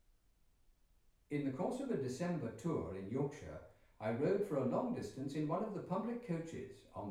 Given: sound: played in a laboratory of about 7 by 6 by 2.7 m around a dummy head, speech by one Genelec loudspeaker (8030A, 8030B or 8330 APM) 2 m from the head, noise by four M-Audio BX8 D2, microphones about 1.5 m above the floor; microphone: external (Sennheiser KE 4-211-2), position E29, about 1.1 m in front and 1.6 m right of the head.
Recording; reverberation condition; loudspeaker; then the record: male speech in English; medium; 30 degrees to the left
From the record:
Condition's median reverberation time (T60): about 510 ms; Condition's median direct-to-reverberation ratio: about -0.5 dB